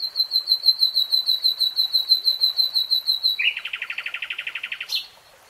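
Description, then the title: Nightingale song: a long run of steady, high whistled notes, then a fast buzzy rattle ending in a sharp chip. Singing, heard in real time, from a 3-hour recording. "[Tiếng chim hót] REALTIME Nightingale Singing"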